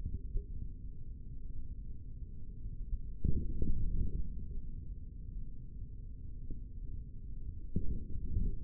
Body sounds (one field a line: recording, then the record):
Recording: forearm muscle sounds (acoustic myography)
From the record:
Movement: forearm pronation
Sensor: system 3, bracelet of six PUI Audio POM-2738L microphones around the upper forearm, with dedicated amplification and filtering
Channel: 4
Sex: male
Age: 25 years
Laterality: right